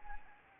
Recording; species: mosquito wingbeat signal from an infrared sensor; Anopheles arabiensis